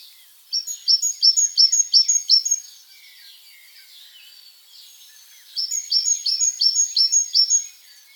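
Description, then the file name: Great tit song: bright, repeated two-note phrases, about seven per bout, in two bouts separated by a pause of roughly three seconds. "Parus major"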